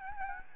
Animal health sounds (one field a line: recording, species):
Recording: mosquito wingbeat signal from an infrared sensor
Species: Aedes albopictus